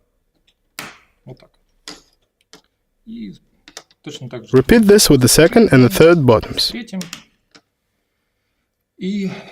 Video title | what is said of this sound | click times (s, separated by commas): Ugears Modular Dice Tower: Assembly Video -- English Voiceover | and press until the click sound | 0.8 s